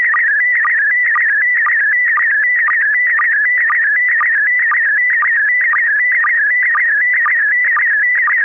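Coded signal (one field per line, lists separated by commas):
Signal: SSTV (slow-scan television)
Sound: warbling, chirpy tone shifting in pitch, with a short low blip about twice a second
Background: faint low hum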